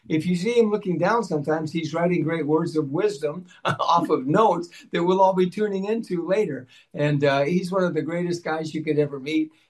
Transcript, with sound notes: If you see him looking down sometimes, he's writing great words of wisdom (laughs) off of notes that we'll all be tuning into later. And, uh, he's one of the greatest guys you could ever meet